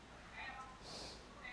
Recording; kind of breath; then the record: one breath in and out by a microphone near the nose and mouth; normal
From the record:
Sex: male